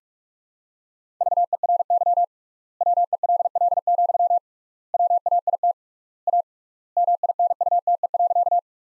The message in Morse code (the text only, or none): VERY WELL, WAIT A MINUTE.